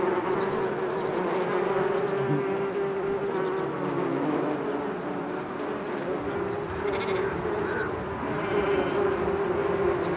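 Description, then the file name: Bee buzzing as a continuous low hum with overlapping tones that swell and fade, a busy droning mass with no pauses. "bees"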